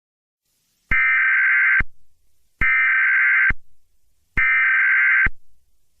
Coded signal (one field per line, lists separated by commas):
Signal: Emergency Alert System (SAME) tones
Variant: header bursts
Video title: Eas Scenario: LAX-888